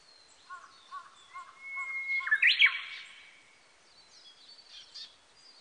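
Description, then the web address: Japanese bush warbler song, a sustained whistle ending in an abrupt rising and falling flourish, after a few soft repeated lower notes. Recorded on 18 April 1998. "1998 980418 uguisu"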